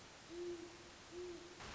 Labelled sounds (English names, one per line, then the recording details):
Great Horned Owl
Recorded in Sonoma County, California